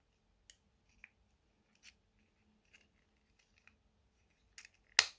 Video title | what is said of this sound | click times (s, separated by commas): Fanhome/deagostini build your own 1/8 fast and furious Dodge Charger R/T issue 1 | there we go there we there we are heard the click | 5.0 s